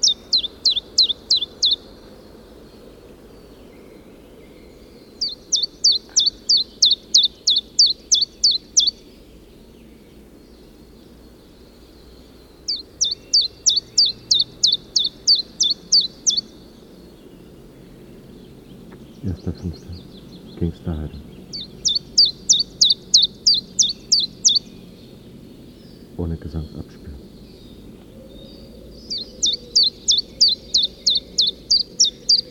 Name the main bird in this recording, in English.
Common Chiffchaff